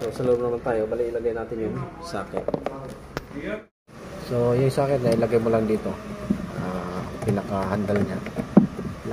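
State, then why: Seated. Someone talks while the door handle socket of a Ford F-150 Lariat FX4 is placed inside the door panel and pushed into the truck door's interior mount. A single short, sharp click at 8.6 s marks the socket locking in, and it is seated.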